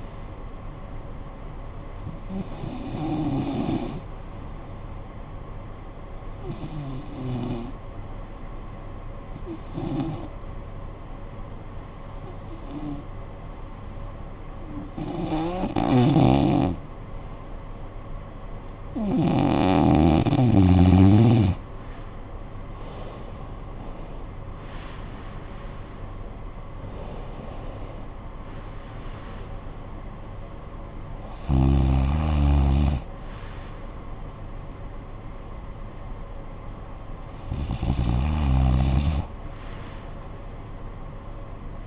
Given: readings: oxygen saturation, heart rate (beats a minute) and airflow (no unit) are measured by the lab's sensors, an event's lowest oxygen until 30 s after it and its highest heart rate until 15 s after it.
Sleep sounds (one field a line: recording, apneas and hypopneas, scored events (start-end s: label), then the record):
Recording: breathing in sleep by a smartphone at the bedside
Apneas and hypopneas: 1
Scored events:
4.00-18.90 s: hypopnea (REM, oxygen 93% highest, then 88% lowest, heart rate 61 at the start, 74 highest)
From the record:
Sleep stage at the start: REM sleep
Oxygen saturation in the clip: 88 to 93%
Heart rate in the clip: 53 to 74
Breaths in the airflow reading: 10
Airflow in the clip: -14.0 to 13.7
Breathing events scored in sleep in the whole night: 445 in 7.6 hours asleep